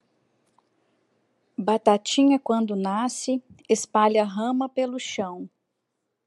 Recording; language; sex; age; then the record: short text; Brazilian Portuguese; female; 40 to 49 years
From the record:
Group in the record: control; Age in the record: 48 years